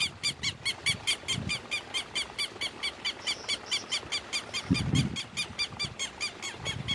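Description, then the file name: Southern lapwing calling in a fast, even series of shrill, metallic notes over a background of low rumbling noise. "canto do quero quero"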